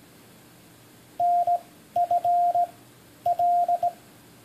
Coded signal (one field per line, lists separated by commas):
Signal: Morse code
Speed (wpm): 18 wpm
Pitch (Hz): 700 Hz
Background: none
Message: NFL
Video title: One Minute Morse, #20!